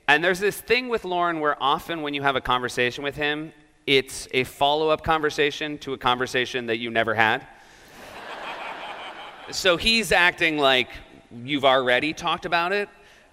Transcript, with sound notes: And there's this thing with Lorne where often when you have a conversation with him, it's a follow-up conversation to a conversation that you never had.
(LAUGHTER)
So he's acting like you've already talked about it.